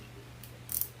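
A plastic zip tie is pulled tight through the holes of a metal wreath rail board, making ratchet clicks at 0.4 s, 0.8 s and 0.8 s over a steady low hum. The zip tie ratchets tight and is fastened.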